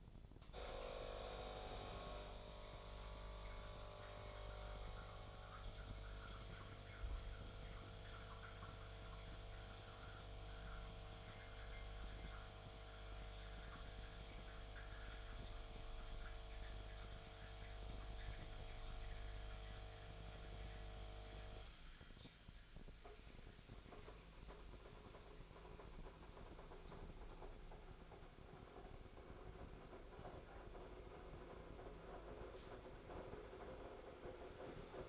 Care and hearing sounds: daily activity, microphone in the room; make coffee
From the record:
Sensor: 5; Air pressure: 1009.5 hPa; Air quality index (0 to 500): 167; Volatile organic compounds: 4 ppm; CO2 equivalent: 1621 ppm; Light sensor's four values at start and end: 95/250/102/108 and 93/246/100/106

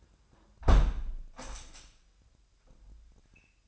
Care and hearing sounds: daily activity, microphone in the room; close window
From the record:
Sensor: 2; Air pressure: 997.8 hPa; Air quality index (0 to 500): 135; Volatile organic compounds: 3 ppm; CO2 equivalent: 1518 ppm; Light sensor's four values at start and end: 11/31/12/12 and 11/32/13/12

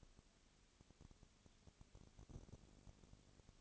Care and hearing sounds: daily activity, microphone in the room; no activity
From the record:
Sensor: 4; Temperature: 22.3 degrees Celsius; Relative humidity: 32.7%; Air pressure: 1001.9 hPa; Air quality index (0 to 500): 186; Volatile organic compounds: 4 ppm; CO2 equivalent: 1644 ppm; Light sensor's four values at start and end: 2/3/1/1 and 2/3/1/1

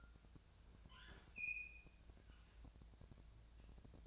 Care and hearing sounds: daily activity, microphone in the room; open fridge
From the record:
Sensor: 2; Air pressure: 999.9 hPa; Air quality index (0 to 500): 120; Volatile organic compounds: 2 ppm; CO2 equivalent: 1031 ppm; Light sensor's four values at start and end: 30/76/32/36 and 30/75/32/36

